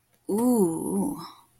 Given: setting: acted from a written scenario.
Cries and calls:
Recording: vocal sound without words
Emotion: romantic love

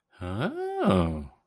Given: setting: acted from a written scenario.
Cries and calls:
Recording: vocal sound without words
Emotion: interest

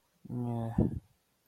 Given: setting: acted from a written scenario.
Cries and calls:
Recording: vocal sound without words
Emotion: guilt

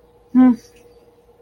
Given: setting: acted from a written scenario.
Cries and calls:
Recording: vocal sound without words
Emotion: neutral

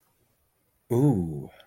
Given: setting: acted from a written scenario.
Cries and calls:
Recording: vocal sound without words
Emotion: desire

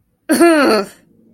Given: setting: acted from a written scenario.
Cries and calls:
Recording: vocal sound without words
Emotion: anger

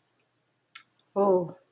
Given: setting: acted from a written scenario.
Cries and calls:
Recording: vocal sound without words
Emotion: sympathy

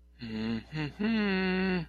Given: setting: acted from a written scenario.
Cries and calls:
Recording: vocal sound without words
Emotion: embarrassment

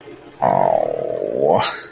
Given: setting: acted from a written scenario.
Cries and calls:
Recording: vocal sound without words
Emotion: shame

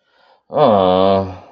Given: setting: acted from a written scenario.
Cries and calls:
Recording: vocal sound without words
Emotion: sympathy

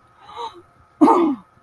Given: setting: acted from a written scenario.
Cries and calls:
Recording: vocal sound without words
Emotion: anger

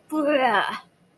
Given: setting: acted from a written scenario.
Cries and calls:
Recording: vocal sound without words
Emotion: disgust

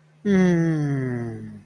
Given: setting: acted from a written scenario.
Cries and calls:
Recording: vocal sound without words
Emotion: romantic love

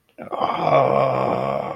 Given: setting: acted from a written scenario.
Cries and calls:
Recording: vocal sound without words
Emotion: distress

